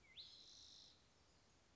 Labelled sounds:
Spotted Towhee
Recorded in Sonoma County, California

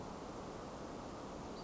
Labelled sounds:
Western Flycatcher
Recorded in Sonoma County, California

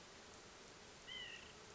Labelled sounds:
White-breasted Nuthatch
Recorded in Sonoma County, California

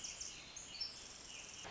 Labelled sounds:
Pacific Wren
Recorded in Sonoma County, California

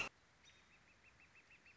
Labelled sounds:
Northern Flicker
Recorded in Sonoma County, California

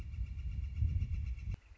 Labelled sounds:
Northern Flicker
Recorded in Sonoma County, California

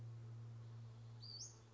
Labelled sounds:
Western Flycatcher
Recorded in Sonoma County, California

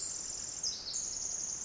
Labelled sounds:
Pacific Wren
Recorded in Sonoma County, California

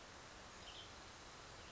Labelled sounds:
Western Tanager
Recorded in Sonoma County, California

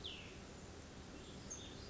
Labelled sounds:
Cassin's Vireo
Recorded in Sonoma County, California

